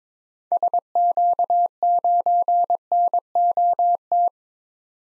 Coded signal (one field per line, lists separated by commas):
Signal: Morse code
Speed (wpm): 22 wpm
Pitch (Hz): 700 Hz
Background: none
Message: SQ9NOT